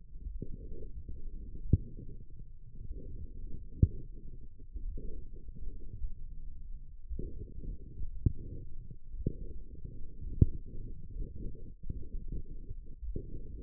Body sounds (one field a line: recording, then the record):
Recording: forearm muscle sounds (acoustic myography)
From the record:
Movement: forearm supination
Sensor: system 1, eight BSWA MPA416 microphones around the upper forearm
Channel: 3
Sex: male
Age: 18 years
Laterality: right